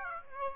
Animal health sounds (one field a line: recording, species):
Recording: mosquito wingbeat signal from an infrared sensor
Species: Aedes aegypti